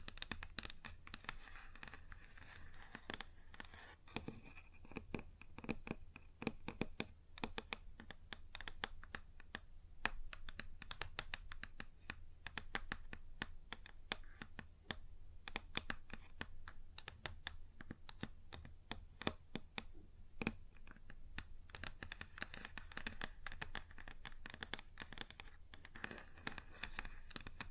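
Fingers tap and scratch on a wooden surface in a quick, uneven stream of short clicks that runs the whole time, thicker in some stretches and sparser in others. A steady low hum sits underneath throughout.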